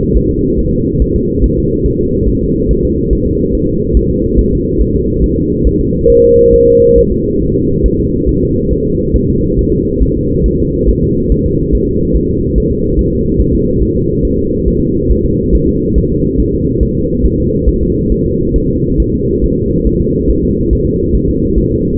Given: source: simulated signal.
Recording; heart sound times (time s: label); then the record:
fetal heart sounds
0.16 s: S1
0.31 s: S2
0.59 s: S1
0.73 s: S2
1.02 s: S1
1.16 s: S2
1.44 s: S1
1.58 s: S2
1.86 s: S1
2.00 s: S2
2.29 s: S1
2.43 s: S2
2.71 s: S1
2.85 s: S2
3.13 s: S1
3.27 s: S2
3.55 s: S1
3.69 s: S2
3.97 s: S1
4.11 s: S2
4.39 s: S1
4.53 s: S2
4.81 s: S1
4.95 s: S2
5.24 s: S1
5.38 s: S2
5.67 s: S1
5.81 s: S2
6.10 s: S1
6.24 s: S2
6.54 s: S1
6.68 s: S2
6.98 s: S1
7.12 s: S2
7.42 s: S1
7.56 s: S2
7.86 s: S1
8.00 s: S2
8.29 s: S1
8.43 s: S2
8.72 s: S1
8.87 s: S2
9.16 s: S1
9.30 s: S2
9.59 s: S1
9.73 s: S2
10.02 s: S1
10.17 s: S2
10.46 s: S1
10.60 s: S2
10.89 s: S1
11.03 s: S2
11.32 s: S1
11.46 s: S2
11.75 s: S1
11.89 s: S2
12.16 s: S1
12.31 s: S2
12.58 s: S1
12.72 s: S2
12.99 s: S1
13.13 s: S2
13.41 s: S1
13.55 s: S2
13.82 s: S1
13.97 s: S2
14.25 s: S1
14.39 s: S2
14.68 s: S1
14.82 s: S2
15.11 s: S1
15.25 s: S2
15.55 s: S1
15.69 s: S2
15.98 s: S1
16.12 s: S2
16.40 s: S1
16.54 s: S2
16.83 s: S1
16.97 s: S2
17.25 s: S1
17.40 s: S2
17.69 s: S1
17.83 s: S2
18.12 s: S1
18.26 s: S2
18.56 s: S1
18.70 s: S2
19.00 s: S1
19.14 s: S2
19.44 s: S1
19.58 s: S2
19.87 s: S1
20.01 s: S2
20.30 s: S1
20.44 s: S2
20.73 s: S1
20.87 s: S2
21.15 s: S1
21.29 s: S2
21.58 s: S1
21.72 s: S2
From the record:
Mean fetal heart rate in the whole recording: 140 bpm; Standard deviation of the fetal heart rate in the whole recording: 2 bpm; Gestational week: 34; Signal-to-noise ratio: -14.7 dB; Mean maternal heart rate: 72 bpm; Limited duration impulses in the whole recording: present